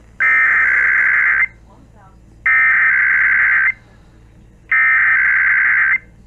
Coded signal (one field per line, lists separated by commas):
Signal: Emergency Alert System (SAME) tones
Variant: header bursts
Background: speech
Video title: IPAWS Weekly Tests (EAS #570-575) 8/12/24